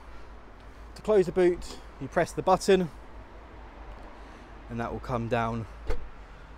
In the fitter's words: nicely you'll hear a small click just so you know that it is locked completely and then coming down here